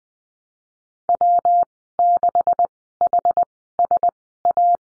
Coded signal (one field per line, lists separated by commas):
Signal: Morse code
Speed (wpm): 20 wpm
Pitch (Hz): 700 Hz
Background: none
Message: W6HSA